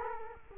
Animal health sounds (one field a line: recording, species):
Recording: mosquito wingbeat signal from an infrared sensor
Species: Culex quinquefasciatus